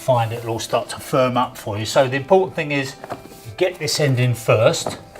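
Someone talks while handling a Karndean Palio Core rigid-core vinyl floor plank, getting its end in first against the adjoining plank. Speech fills the clip, with only faint handling noise and no distinct click. The end joint has not clicked in or seated yet.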